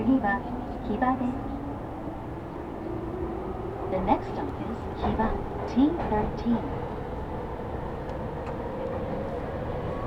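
A Tokyo Metro train runs between Iidabashi and Nishi-Funabashi with a steady low rumble and a whining motor tone that slowly rises in pitch, suggesting it is speeding up. Voices break through in short bursts, mostly in the first seven seconds.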